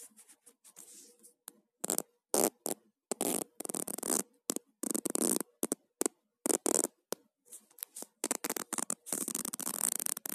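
Zipper sounds: a series of short, rasping pulls, some quick and clipped, others stretched over half a second or more. Bursts come irregularly with brief silent gaps between them, growing denser after eight seconds and ending in a long, bright zip.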